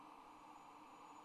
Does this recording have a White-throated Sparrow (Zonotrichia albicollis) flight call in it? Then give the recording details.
no. No flight call is heard. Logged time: 06:47 on 26 November 2014